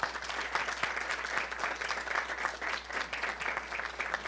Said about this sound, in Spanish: Vamos a iniciar esta audición con el coro, pero antes quiero que le brindemos un aplauso nuevamente al coro de la Universidad Veracruzana.